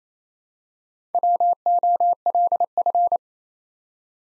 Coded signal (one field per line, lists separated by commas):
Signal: Morse code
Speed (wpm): 28 wpm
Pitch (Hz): 700 Hz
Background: none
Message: WOLF